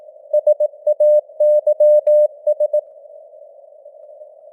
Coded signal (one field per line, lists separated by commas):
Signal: Morse code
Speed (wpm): 18 wpm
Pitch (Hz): 600 Hz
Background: none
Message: SAYS